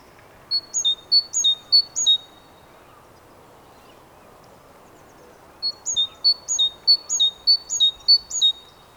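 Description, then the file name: Great tit singing a rapid see-saw of high and lower notes, a short run of repeated pairs, a pause, then a longer run, over steady low noise. "Parus major"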